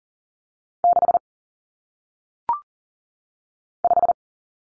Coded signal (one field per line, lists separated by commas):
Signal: Morse code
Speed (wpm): 40 wpm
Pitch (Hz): 700 Hz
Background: none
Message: 6 5